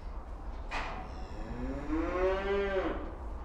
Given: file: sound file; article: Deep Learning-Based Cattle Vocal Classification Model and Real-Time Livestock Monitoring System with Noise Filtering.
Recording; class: cattle; food anticipating call